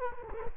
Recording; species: mosquito wingbeat signal from an infrared sensor; Culex quinquefasciatus